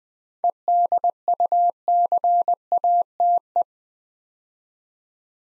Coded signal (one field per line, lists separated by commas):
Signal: Morse code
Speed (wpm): 20 wpm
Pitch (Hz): 700 Hz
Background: none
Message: EDUCATE